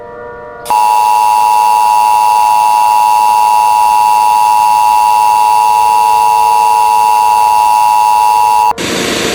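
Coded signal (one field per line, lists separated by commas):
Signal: Emergency Alert System (SAME) tones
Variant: 853 and 960 Hz attention tone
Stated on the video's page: Fictional EAS scenario, not a real alert.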